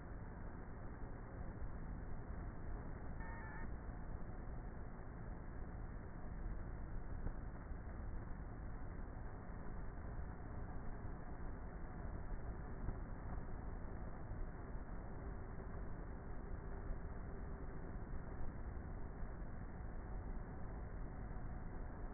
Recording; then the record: honeybee colony, microphone inside the hive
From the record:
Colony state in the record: queenless with a low population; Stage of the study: before two queens were removed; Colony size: about 30,000 bees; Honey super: no